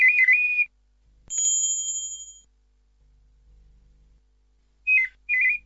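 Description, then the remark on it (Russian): An artificial mechanical wind-up nightingale, glittering with precious gems, sings: a short warbling whistle, then a sustained high bell-like chime, then two more brief whistled trills after a pause, with no talking. “Искусственный соловей пел 33 раза одну и ту же мелодию без устали.”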